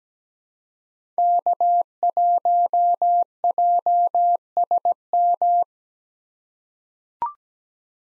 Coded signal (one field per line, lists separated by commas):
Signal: Morse code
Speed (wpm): 17 wpm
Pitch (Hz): 700 Hz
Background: none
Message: K1JSM